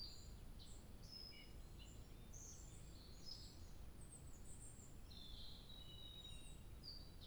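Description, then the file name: Bird song: thin high chirps, short whistles and trills scattered throughout, over a steady low rumble of background noise. 2 July 2023. "birdsong 20230702"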